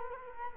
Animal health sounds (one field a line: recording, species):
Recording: mosquito wingbeat signal from an infrared sensor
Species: Culex quinquefasciatus